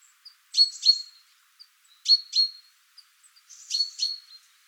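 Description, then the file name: Great tit calls: sharp double chirps with high ringing notes, repeated roughly every one and a half seconds, with faint thin notes in between. "Parus major"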